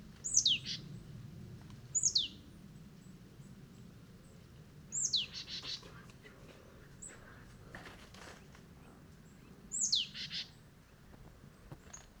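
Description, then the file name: Marsh tit giving high, falling notes, some with a brief buzzy tail, repeated at irregular intervals over steady low environmental noise. "Poecile palustris"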